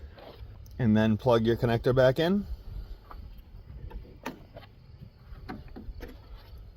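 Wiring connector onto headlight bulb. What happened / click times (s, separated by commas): A connector is being handled but has not yet seated / none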